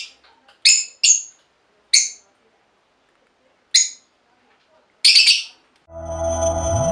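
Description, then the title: Budgerigar chirps, short bright harmonic notes given singly and in pairs with gaps between, ending in a second of broad mechanical-sounding noise. "Budgie Sounds"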